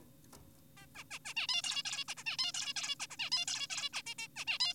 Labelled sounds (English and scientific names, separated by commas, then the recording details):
Zebra Finch (Taeniopygia guttata)
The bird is an adult
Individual g4p5U